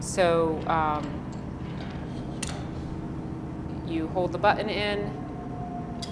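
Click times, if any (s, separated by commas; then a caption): 6.0 s. Someone talks while holding in the spindle lock button on an angle grinder and turning the disc so the disc flange can be undone with an Allen wrench. The spindle lock pin clicks into the spindle at 6.0 s, and the lock is engaged.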